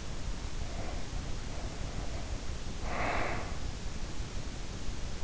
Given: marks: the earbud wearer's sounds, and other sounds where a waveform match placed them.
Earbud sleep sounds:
sounds in sleep by an in-ear microphone; breath
0.44-3.92 s: breath

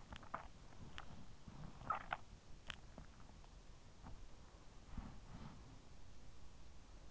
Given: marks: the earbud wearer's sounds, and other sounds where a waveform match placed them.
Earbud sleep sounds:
sounds in sleep by an in-ear microphone; swallowing
0.02-3.33 s: swallowing

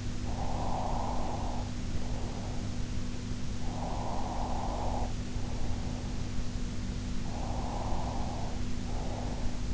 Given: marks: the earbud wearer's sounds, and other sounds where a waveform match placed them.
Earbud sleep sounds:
sounds in sleep by an in-ear microphone; breath
0.25-2.70 s: breath
3.54-6.23 s: breath
7.25-9.74 s: breath

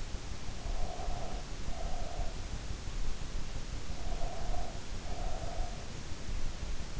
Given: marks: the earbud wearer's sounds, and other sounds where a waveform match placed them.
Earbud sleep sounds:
sounds in sleep by an in-ear microphone; breath
0.32-2.57 s: breath
3.90-6.03 s: breath

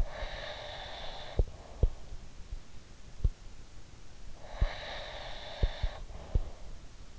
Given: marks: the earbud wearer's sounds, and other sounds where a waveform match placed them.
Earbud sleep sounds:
sounds in sleep by an in-ear microphone; breath
0.00-2.18 s: breath
4.42-6.69 s: breath

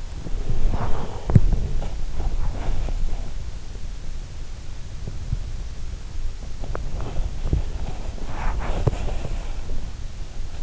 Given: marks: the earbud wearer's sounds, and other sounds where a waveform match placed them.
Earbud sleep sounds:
sounds in sleep by an in-ear microphone; body movement
0.00-3.81 s: body movement
6.48-10.62 s: body movement

